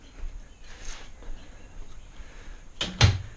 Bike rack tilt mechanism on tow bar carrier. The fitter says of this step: reverse make sure you hear that click and it's good to go okay